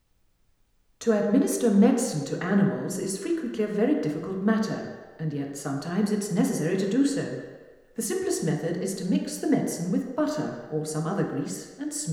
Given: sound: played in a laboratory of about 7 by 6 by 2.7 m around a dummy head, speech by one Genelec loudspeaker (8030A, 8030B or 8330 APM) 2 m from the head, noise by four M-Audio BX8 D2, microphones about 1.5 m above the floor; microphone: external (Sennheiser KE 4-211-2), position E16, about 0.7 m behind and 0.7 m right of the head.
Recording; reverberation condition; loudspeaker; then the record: female speech in English; high; 120 degrees to the right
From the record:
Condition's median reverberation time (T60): about 1300 ms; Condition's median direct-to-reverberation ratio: about -4.0 dB